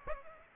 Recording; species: mosquito wingbeat signal from an infrared sensor; Aedes aegypti